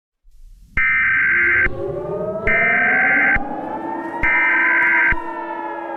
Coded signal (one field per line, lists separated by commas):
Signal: Emergency Alert System (SAME) tones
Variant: header bursts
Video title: EAS Scenario Alien Invasion